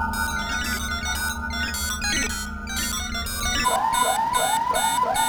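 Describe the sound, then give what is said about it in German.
A submarine alarm rings over a dense electronic hum, then switches to a rapid series of rising, whooping electronic tones repeating about twice a second, loud and insistent. “Der Alarm ist aus.”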